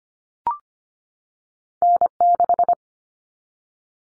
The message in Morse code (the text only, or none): N6